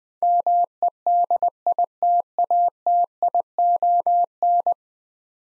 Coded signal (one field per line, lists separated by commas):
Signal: Morse code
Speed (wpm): 20 wpm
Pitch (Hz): 700 Hz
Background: none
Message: MEDITATION